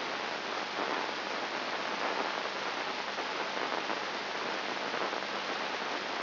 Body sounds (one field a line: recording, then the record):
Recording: brain microelectrode recording played as sound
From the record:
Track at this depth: inside the subthalamic nucleus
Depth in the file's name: 3.501 mm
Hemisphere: left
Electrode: 2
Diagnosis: Parkinson's disease